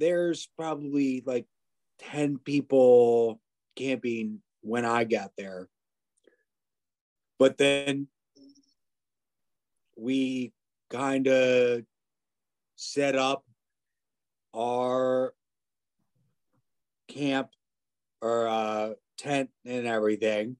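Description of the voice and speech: Halting adult male speech with long pauses and drawn-out fillers between short phrases, consistent with nonfluent aphasia after stroke or traumatic brain injury.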